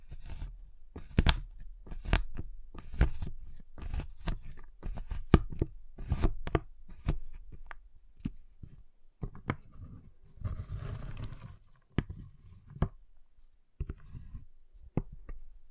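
Tapping on a giant chocolate bar comes as a run of sharp, bright knocks, close together for the first eight seconds, then sparser. Around ten to eleven seconds a rougher, denser scraping burst suggests cutting, followed by scattered single snaps and taps.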